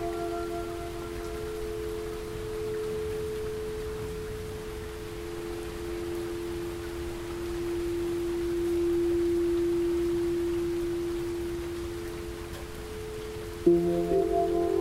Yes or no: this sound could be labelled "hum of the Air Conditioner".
no